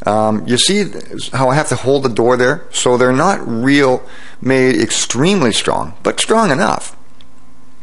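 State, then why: Not seated. A cabinet door with concealed hinges is held in place while its hinges are being fitted onto the hinge mounting plates. Someone talks for most of the clip, and a faint tick comes near the end. Nothing has seated or clicked yet.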